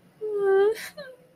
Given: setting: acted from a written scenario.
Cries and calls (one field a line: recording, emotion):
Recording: vocal sound without words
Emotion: sadness